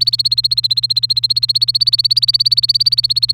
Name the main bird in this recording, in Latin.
Serinus canaria